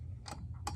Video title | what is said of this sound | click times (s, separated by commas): Kobalt 10" Chop Saw - How to Remove and Install the Blade | There it goes. So it's all the way in, and now the wheel's locked in place. | 0.7 s